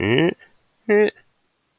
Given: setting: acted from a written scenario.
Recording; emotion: vocal sound without words; embarrassment